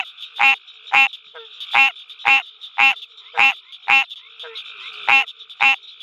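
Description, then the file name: Green tree frog giving nasal, bell-like quonks, about two per second, mostly evenly spaced with one longer pause, with a steady high buzzing background. "Hyla cinerea call"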